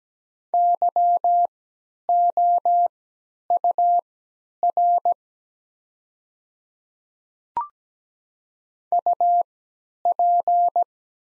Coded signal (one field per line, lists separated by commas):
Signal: Morse code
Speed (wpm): 17 wpm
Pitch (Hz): 700 Hz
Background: none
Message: YOUR UP